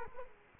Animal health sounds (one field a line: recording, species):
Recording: mosquito wingbeat signal from an infrared sensor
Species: Culex quinquefasciatus